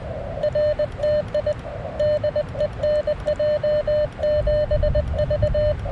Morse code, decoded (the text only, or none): RTI DE NJ7V